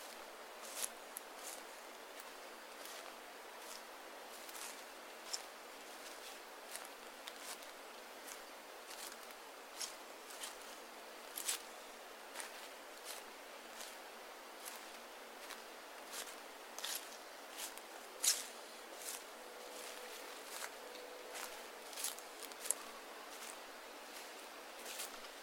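Footsteps crunch through dry fallen leaves in the woods, a steady run of sharp crackles every second or so over a soft rustling hiss.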